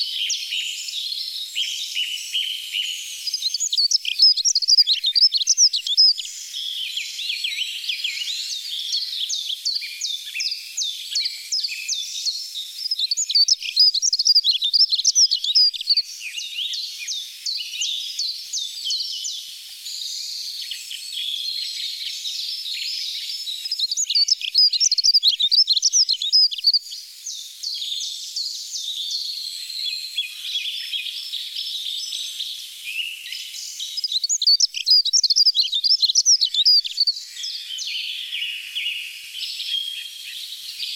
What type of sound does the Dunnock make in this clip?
song